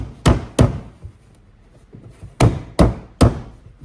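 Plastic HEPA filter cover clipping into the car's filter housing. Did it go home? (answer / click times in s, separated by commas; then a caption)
yes / 2.4 s, 3.2 s. After one end is hooked, the plastic HEPA filter cover on a 2022 Tesla Model Y is pressed into the car's filter housing, producing five loud, sharp clicks at about 0.3, 0.6, 2.4, 2.8 and 3.2 seconds. The cover's clips engage at 2.4 and 3.2 seconds, and the cover is seated in place.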